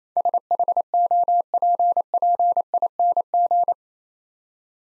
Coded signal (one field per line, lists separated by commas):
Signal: Morse code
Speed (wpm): 28 wpm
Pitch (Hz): 700 Hz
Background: none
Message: SHOPPING